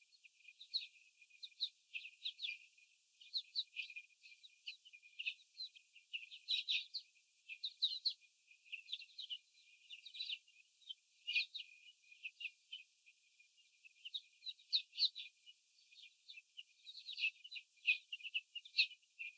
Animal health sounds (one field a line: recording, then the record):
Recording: young laying hens in a cage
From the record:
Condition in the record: after the stressor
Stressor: sudden umbrella opening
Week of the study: 3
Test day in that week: 2